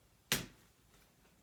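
A small plastic craft piece is pressed into its base or board during a craft project arranging red and fuchsia pieces around a centre heart. A single sharp, bright snap is heard at 0.3 s, fading quickly into quiet, as the piece snaps into place and is seated.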